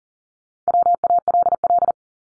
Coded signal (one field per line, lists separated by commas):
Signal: Morse code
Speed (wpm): 40 wpm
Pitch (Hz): 700 Hz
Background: none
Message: WALL